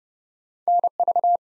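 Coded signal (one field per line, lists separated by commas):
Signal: Morse code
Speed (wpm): 29 wpm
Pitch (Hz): 700 Hz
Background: none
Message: NV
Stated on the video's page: Morse code practice at 30 wpm of ARRL section abbreviations used in Field Day contest exchanges, each sent, spoken, then sent again.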